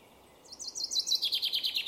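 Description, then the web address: Common chaffinch song phrase: a fast run of bright repeated notes that steps downward in pitch, with faint hiss beneath. "Deverinetal"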